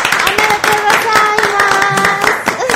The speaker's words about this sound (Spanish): Un aplauso